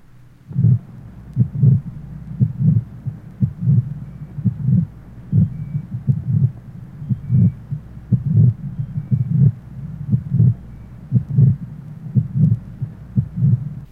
Age 72, innocent late systolic murmur, mitral area.